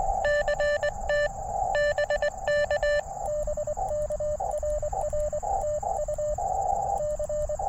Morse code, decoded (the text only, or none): CT BK BK RR TU C